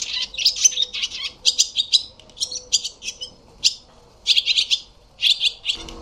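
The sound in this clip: Barn swallow twittering in quick, bright bursts of chattering notes, each burst lasting under a second with short gaps between, over faint low background noise.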